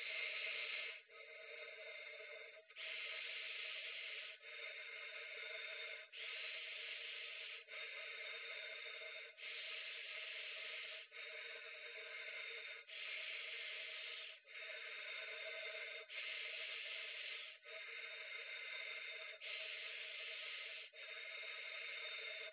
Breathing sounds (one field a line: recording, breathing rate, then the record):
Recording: paced breathing near a phone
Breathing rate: 18 breaths a minute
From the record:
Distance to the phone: 20 cm